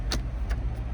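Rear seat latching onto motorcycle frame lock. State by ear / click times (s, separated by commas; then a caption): seated / 0.1 s. The rear seat of a Zontes U / U1 125 motorcycle is slotted back onto the bike and pushed down onto its frame lock. A sharp latch click sounds at 0.1 s over a steady low background rumble. The seat locks in place.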